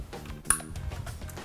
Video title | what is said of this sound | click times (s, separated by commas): How To Connect A Wireless Router | plug it in until it clicks that's | 0.5 s